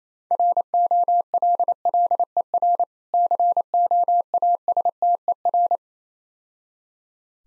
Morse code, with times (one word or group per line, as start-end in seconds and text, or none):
0.3-2.8 ROLLER
3.1-5.8 COASTER